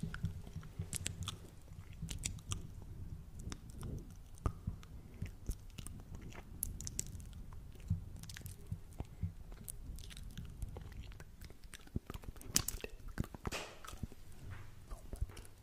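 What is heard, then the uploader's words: Mouth sounds, mostly wet chewing and biting, run through the whole stretch with frequent small clicks and crunches. A low murmur sits steadily underneath. Brighter, sharper smacks cluster around two, thirteen and fifteen seconds. Mouth Sounds.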